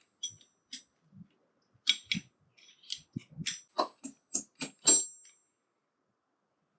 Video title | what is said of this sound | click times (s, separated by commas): (Part1) Making 6-LUG Disc Brakes Fit a 1962 Chevy 1-TON Axle (Nothing Bolts On) | That's it. Ting. Right into place. | 4.9 s